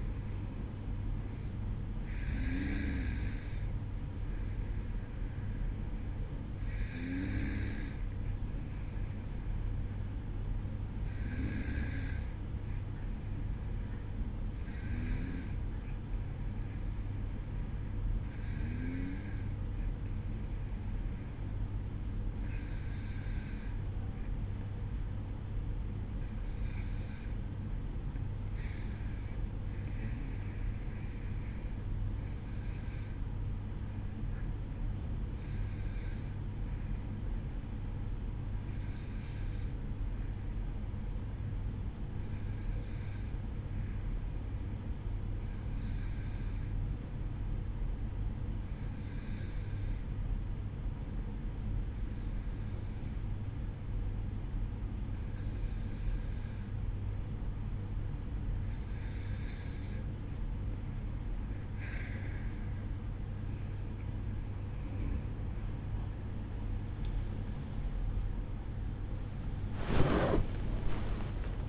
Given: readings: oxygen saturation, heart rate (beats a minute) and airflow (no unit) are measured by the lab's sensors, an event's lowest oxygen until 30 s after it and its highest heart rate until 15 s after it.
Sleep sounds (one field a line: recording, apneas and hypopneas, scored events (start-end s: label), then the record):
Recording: breathing in sleep by a smartphone at the bedside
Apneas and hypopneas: 1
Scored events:
9.00-69.00 s: new sleep stage, N2 (light sleep)
32.00-63.60 s: hypopnea (N2, oxygen 95% highest, then 92% lowest, heart rate 55 at the start, 80 highest)
69.00-71.68 s: new sleep stage, awake
From the record:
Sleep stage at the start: N1 (lightest sleep)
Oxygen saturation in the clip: 91 to 95%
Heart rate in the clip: 52 to 66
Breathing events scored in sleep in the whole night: 305 in 9.6 hours asleep